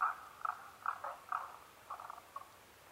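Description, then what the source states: Tago's brown frog calling: a few short croaking notes in an irregular series, then a softer rattling burst near the end. Recorded 15 May 2011 at 02:19.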